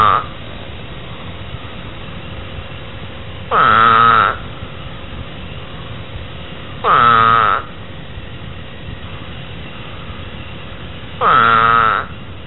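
Eastern spadefoot toad giving three loud, moaning, bleat-like calls, each under a second long, spaced about three to four seconds apart over a steady background hum, after the tail of another call at the start.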